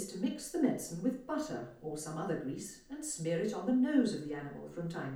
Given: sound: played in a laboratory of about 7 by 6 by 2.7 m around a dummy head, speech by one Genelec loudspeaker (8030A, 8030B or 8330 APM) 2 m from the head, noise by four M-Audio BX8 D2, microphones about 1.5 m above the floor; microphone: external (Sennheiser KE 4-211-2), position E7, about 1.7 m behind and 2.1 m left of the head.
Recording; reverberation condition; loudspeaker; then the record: female speech in English; medium; 90 degrees to the right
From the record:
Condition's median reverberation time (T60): about 510 ms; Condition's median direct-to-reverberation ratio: about -0.5 dB